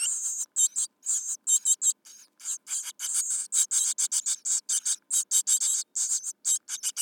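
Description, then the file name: Great tit calls: fast series of buzzy, grating notes grouped in short bursts, repeated almost without pause. "Parus major"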